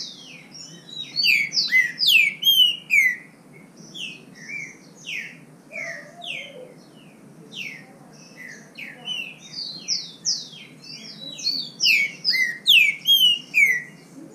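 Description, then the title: Green-winged saltator song: continuous, overlapping whistled phrases, swooping and slurred, delivered in strong bursts every few seconds with faint hiss behind. Singing in the bush, in song contest with a free-living bird of the same kind. "Trinca Ferro NICÃ O No Mato Disputando Com Solto"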